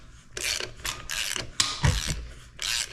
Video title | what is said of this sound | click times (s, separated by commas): 1993-2014 KLX250/KLX300 Valve Inspection and Valve Adjustment | you'll hear it click a couple times that's good it's say timing you're going to want to do this I'd say about three times | 1.4 s, 1.6 s, 2.6 s